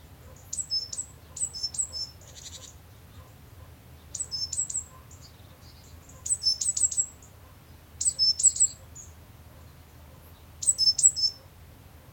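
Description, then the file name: Great tit calls: bursts of high, thin, chirping notes in short clusters, spaced irregularly a couple of seconds apart, with quiet low rumble underneath. "Parus major"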